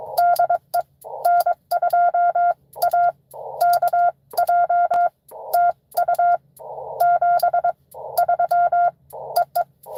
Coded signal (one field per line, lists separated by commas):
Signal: Morse code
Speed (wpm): 22 wpm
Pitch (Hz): 1400 Hz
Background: none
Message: DE N2AKJ TU 73 EE